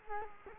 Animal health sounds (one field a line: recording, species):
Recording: mosquito wingbeat signal from an infrared sensor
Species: Culex quinquefasciatus